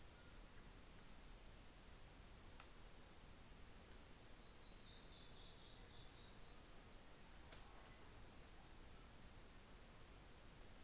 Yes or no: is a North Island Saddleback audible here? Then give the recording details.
no. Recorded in New Zealand on 24 December 2018. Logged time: 15:10